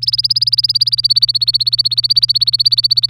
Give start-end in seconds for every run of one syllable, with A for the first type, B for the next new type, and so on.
0.02-3.10 A